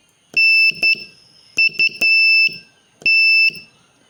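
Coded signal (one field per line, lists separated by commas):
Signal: Morse code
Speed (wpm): 11 wpm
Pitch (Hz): 2650 Hz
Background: none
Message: NUT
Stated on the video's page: Beginner Morse lesson practising the letters E, I, S, H, T, M, O, A, N, U and D in short words.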